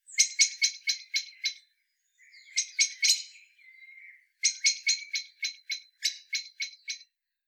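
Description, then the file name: Common blackbird giving harsh chattering calls, a run of six rapid notes, a brief pause, three notes and a short lower buzzy note, then a longer fast series of about a dozen notes. "Turdus merula"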